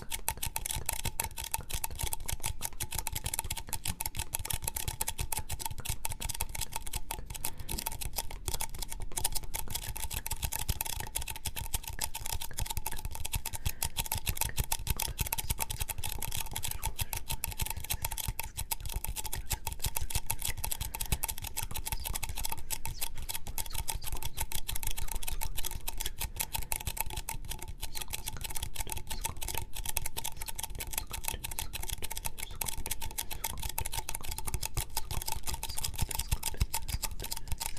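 Sticky tapping and mouth sounds run without pause: a dense, fast stream of crisp clicks and smacks at an even loudness. A faint steady tone hums underneath the whole time, and the sound stays dry.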